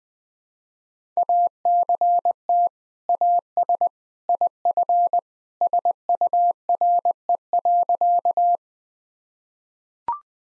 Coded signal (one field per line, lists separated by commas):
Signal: Morse code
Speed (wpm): 20 wpm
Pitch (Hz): 700 Hz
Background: none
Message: ACT AS IF SURE.